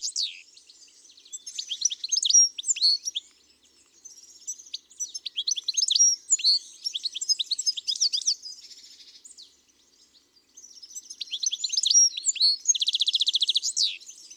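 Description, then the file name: European goldfinch song, a fast liquid twitter of chirps and buzzy notes in several bursts, with a dry rattling trill near the end. Garden bird. "Chardonneret elegant"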